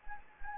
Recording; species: mosquito wingbeat signal from an infrared sensor; Anopheles gambiae